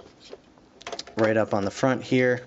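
A plastic folding foregrip from a NERF Modulus Stealth Ops Upgrade Kit is handled near the front accessory rail of the toy blaster, giving a few faint knocks and taps around 0.6 to 1.1 seconds. Someone then talks over the rest of the clip. Nothing has seated or clicked yet; the foregrip is not home on the rail when the clip ends.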